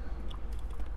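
A keyed plastic radio harness adapter connector is handled at the factory radio harness plug of a 2007–2014 GMC/Chevy Sierra, Silverado or Avalanche (bench seat) during a radio install. Over a steady low rumble, there are faint brief ticks near 0.3 s and 1.0 s. Nothing has seated or clicked into place yet.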